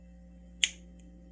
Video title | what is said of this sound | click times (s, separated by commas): Electric Handy Drill by Tamiya, Build, Test, Review | snapped right into place and as you can see there you the the little slots | 0.6 s